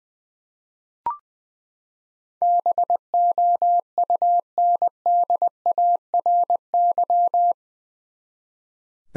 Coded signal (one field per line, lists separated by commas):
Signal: Morse code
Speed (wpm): 20 wpm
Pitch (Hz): 700 Hz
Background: none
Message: BOUNDARY